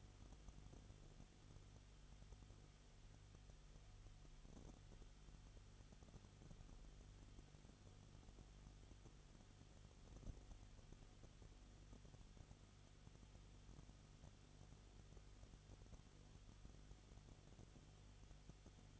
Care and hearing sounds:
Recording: daily activity, microphone in the room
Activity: no activity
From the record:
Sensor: 4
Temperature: 22.7 degrees Celsius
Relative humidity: 31.7%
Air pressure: 995.4 hPa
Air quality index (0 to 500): 159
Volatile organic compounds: 2 ppm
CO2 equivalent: 1259 ppm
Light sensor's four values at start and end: 2/3/1/1 and 2/3/1/1

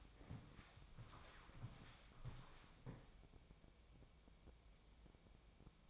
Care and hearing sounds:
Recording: daily activity, microphone in the room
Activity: walk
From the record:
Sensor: 1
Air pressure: 1000.6 hPa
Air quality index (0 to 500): 172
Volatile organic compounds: 4 ppm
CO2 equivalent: 1592 ppm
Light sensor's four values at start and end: 16/40/16/19 and 16/38/16/18

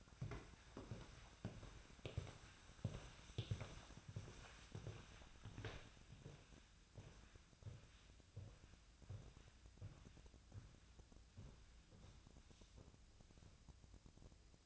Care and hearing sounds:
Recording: daily activity, microphone in the room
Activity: walk to room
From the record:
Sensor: 2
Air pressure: 1010.0 hPa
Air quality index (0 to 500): 172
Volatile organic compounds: 9 ppm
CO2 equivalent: 2148 ppm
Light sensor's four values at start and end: 35/86/37/41 and 36/88/38/43

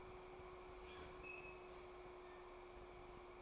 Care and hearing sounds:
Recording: daily activity, microphone in the room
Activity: open fridge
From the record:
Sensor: 1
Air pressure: 1004.6 hPa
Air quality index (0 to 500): 192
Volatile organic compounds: 16 ppm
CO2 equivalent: 2543 ppm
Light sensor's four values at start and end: 5/11/4/4 and 5/11/4/4

